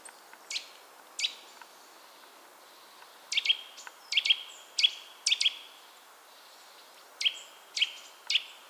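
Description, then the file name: Eurasian nuthatch uttering sharp, abrupt call notes, scattered at first, then in closer bursts of two or three, with quiet gaps between. "Sitta europaea"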